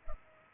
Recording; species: mosquito wingbeat signal from an infrared sensor; Culex pipiens